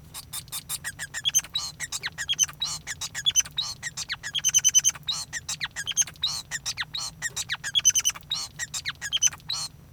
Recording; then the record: song of a male Bengalese finch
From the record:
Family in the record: son of father 5